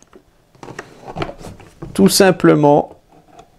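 A plastic side brush is being handled and pressed onto the underside of an ULTENIC T20PRO robot vacuum cleaner, which uses no screws, while someone talks. Faint handling taps are heard under the speech. Nothing has seated or clicked yet.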